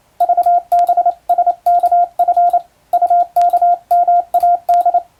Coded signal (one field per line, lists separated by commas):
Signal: Morse code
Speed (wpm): 28 wpm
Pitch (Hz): 700 Hz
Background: radio noise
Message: VBSKF UKMAD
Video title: トンツーやってます！モールス符号を打ってみました！トン（短点）とツー（長点）の組み合わせで言葉になります。暗号を使うようでカッコいいかな？昭和に大流行しました morse code practice